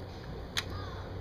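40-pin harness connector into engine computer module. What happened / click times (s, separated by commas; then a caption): The connector clicked home / 0.6 s. A 40-pin plastic harness connector is slowly pressed onto the engine computer module of a 2001 Neon during a computer change. Against a low background hum, a single sharp click sounds at 0.6 s as the connector seats home, and the connection is confirmed good.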